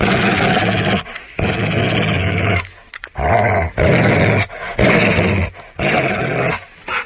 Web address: suono del cane arrabbiato che ringhia suono del cane che ringhia